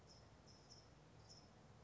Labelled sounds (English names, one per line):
California Towhee